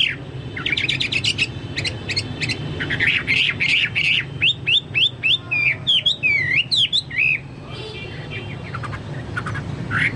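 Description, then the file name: Chinese hwamei singing varied, quick whistled notes and stuttering trills, with a run of bouncy looping whistles near the middle, then a short pause. "hwamei-2-omkicau"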